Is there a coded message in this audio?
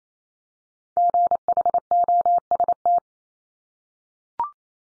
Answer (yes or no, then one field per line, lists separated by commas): yes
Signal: Morse code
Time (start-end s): 1.0-3.0 s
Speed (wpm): 28 wpm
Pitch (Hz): 700 Hz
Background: none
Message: GHOST